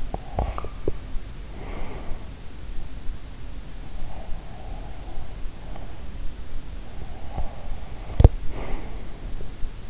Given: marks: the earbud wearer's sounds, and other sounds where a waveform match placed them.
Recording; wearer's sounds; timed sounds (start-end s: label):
sounds in sleep by an in-ear microphone; swallowing, breath
0.00-1.02 s: swallowing
1.41-2.37 s: breath
7.23-8.98 s: breath